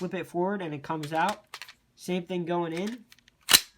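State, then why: Seated. Someone talks while the magazine of an airsoft PCC is rocked back into the magwell, AK-style. A few faint ticks come before a loud, sharp click at 3.5 s as the magazine locks in place, a nice solid click.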